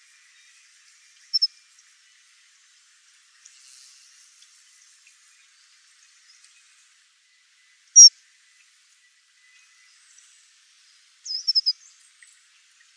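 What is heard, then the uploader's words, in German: Sparse, high-pitched bird calls ring out at intervals, with short bright chirps near the start, a sharp note at eight seconds, and a twittering burst near the end. Gesänge und Rufe heimischer Vogelarten.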